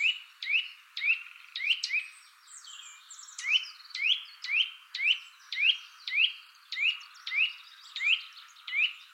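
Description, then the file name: Eurasian nuthatch repeating loud, rising whistled 'twit' notes nearly twice a second in a steady but slightly uneven rhythm. "Sitta europaea"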